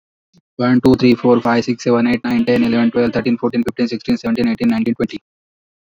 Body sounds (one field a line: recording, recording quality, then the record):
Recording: counting at a fast pace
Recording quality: excellent, no background noise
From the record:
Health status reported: healthy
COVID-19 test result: not tested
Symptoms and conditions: none ticked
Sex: male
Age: 29 years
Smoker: not ticked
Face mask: worn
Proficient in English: yes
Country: India